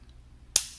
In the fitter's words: Hear that big snap?